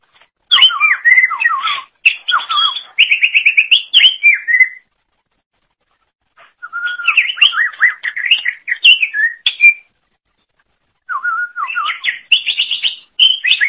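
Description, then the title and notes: Greater Green Leafbird singing long rapid phrases of mixed whistles, trills and chatter, with two silent gaps of about a second or more between bursts. "Suara Kicauan Burung Cucak Ijo"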